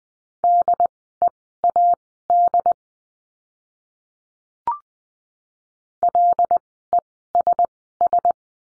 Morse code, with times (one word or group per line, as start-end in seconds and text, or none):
0.4-2.7 DEAD
6.0-8.3 LESS